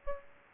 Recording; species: mosquito wingbeat signal from an infrared sensor; Aedes aegypti